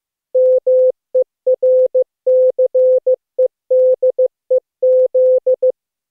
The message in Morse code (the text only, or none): MERCEDEZ